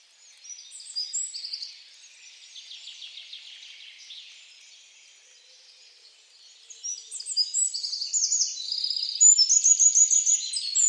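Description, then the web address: Bird chirps come in high bursts early on, fade to a quiet stretch, then return as a dense run of sharp trilled notes. "Deverinetal 2025 File origin Bird Only"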